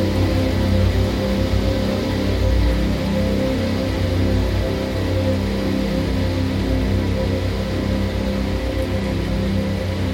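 A dense, unbroken noise drone built from layered nature recordings, with a rain-like hiss spread across the highs. Low, humming bands sit steadily underneath, and the loudness stays nearly constant for the whole ten seconds with no distinct events.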